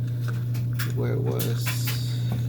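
Someone talks while handling the plastic drain pump filter cap of a Samsung front-load washer, being cleared of a 5C error code, and turning it clockwise back toward its filter housing, with a brief sharp handling sound near 0.3 s over a steady low hum. Nothing has seated or clicked into place yet.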